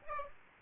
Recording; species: mosquito wingbeat signal from an infrared sensor; Aedes aegypti